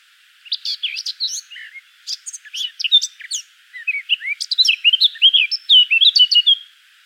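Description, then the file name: Eurasian blackcap singing a varied, quick warble, scratchy notes at first, then loud, pure fluting whistles toward the close. "Sylvia atricapilla"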